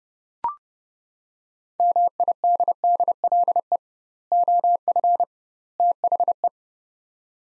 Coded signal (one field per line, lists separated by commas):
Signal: Morse code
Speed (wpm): 30 wpm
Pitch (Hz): 700 Hz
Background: none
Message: MIDDLE OF THE